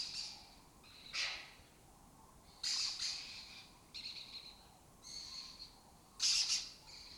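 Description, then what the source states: Lesser kestrels giving repeated hoarse, rasping calls, several loud bursts alternating with softer chatter. Breeding colony occupying an abandoned building complex in Doñana, southern Europe; a migratory raptor that forages in West Africa and breeds in southern Europe.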